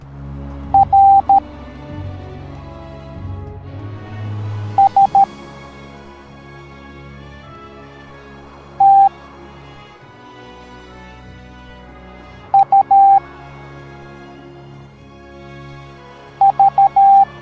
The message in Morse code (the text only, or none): R S T U V